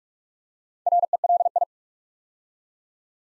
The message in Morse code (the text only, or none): RELI